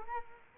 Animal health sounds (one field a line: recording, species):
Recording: mosquito wingbeat signal from an infrared sensor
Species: Culex quinquefasciatus